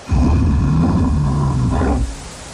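A bear of the Carpathians lets out one deep, rumbling roar that holds for about two seconds, harsh and loud, then cuts off abruptly and leaves a faint low hum.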